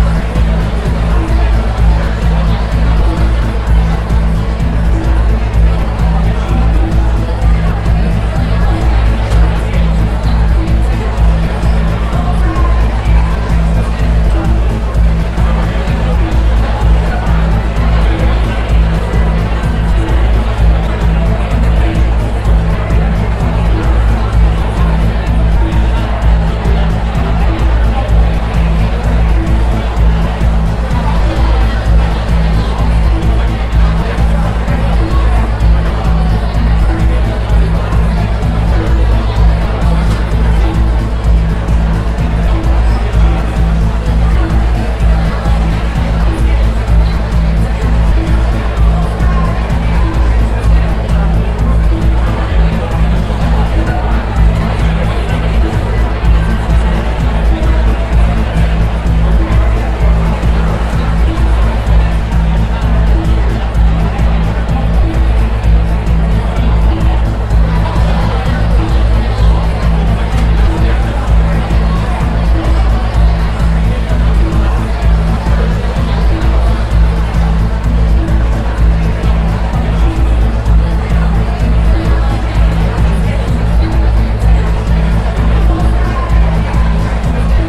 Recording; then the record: background sound without coughing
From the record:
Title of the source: Party Noise 1 Hour Party Ambience